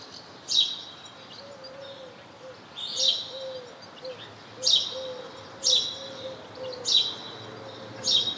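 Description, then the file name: House sparrow chirping, brisk single notes every one to two and a half seconds, while a soft low whistle-like tone drifts beneath the calls. "Passer domesticus"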